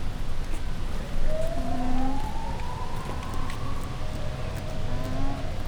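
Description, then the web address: Llama calls: a long tonal note rising slowly over a few seconds, with brief lower hummed tones, over steady wind rumble. Recorded at Győr zoo, Hungary, in 2014; llamas exchanging calls as if in conversation, wind present. "allathangok gyorizoo 2014 lama parbeszedetfolytatnak szel"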